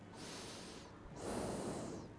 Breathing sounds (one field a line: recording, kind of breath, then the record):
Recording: one breath in and out by a microphone near the nose and mouth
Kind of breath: normal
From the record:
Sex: male